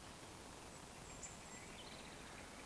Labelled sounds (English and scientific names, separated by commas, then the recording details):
Eurasian Woodcock (Scolopax rusticola) whistle
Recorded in Baden-Württemberg, Germany, on 11 June 2020 at 19:16 UTC
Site 14569, 102 m above sea level